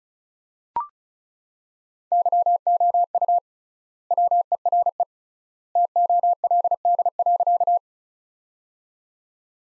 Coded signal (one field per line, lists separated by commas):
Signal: Morse code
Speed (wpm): 34 wpm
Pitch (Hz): 700 Hz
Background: none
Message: YOU WERE TOLD.